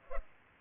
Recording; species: mosquito wingbeat signal from an infrared sensor; Culex pipiens